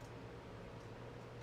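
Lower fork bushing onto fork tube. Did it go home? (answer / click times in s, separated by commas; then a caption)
no / none. A lower bushing is being handled onto a motorcycle fork tube, spread slightly so it can slip over the tube before snapping into its groove. Only a steady low hum and faint background noise are heard, with no distinct impacts. Nothing has seated or clicked yet.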